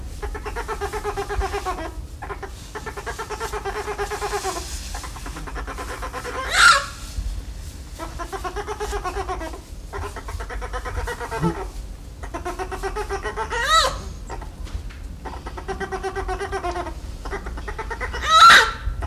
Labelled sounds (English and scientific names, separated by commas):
Sun Bear (Helarctos malayanus) call